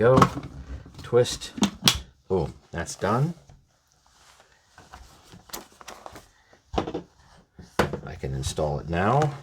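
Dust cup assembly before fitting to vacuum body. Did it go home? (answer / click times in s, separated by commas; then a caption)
no / none. A plastic dust cup for a Bissell PowerForce Helix Turbo Pet 2190 vacuum, already assembled, is picked up and lined up before being installed on the vacuum body. Someone talks while a few light plastic handling knocks and taps are heard. The cup has not clicked into place on the vacuum yet.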